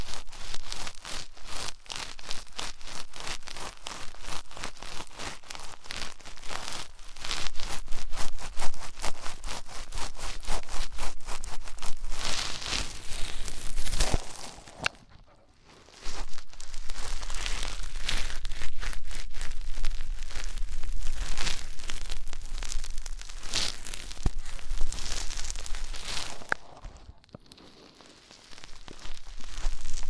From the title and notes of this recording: ASMR INTENSE Deep Ear Cleaning (No Talking).